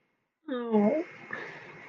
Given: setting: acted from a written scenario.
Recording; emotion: vocal sound without words; disappointment